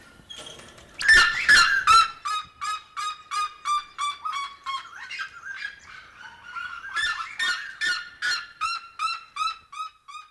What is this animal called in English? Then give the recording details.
Red-legged Seriema. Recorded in captivity. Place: Zoo Berlin, Berlin, DE. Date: 1997-01-18 12:49. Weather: bedeckt, -1°C. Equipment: Nagra SN, Kopie Uher 4000 Report Monitor. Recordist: Tembrock, Günter